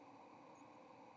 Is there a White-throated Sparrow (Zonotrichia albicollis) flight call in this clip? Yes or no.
no